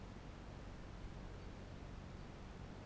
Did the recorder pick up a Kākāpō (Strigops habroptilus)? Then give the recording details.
no. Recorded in New Zealand. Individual Barnard